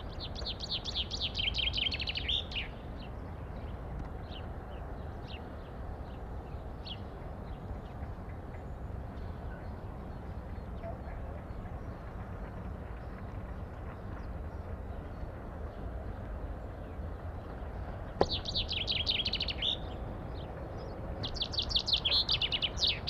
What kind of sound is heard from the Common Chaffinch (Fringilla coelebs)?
song